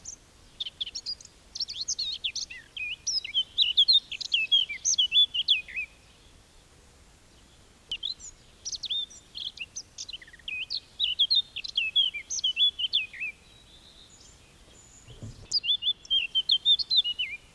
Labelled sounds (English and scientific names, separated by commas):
Eurasian Blackcap (Sylvia atricapilla) song